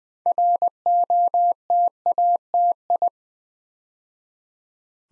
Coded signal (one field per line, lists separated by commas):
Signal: Morse code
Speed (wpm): 20 wpm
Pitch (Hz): 700 Hz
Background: none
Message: ROTATI